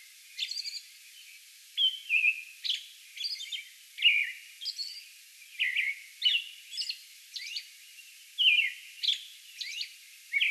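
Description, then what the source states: American robin caroling: liquid whistled phrases with descending slurs and high, thin squeaky notes, given in irregular clusters throughout. Song bout recorded May 11.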